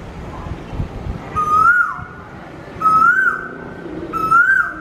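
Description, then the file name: Asian koel song: three strong rising whistles repeated roughly every one and a half seconds, each bright and ringing, over a low background rumble. "Koel bird singing sound"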